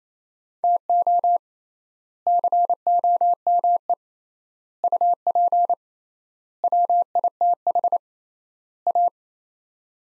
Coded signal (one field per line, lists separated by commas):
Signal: Morse code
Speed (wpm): 28 wpm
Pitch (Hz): 700 Hz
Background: none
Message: TO COME UP WITH A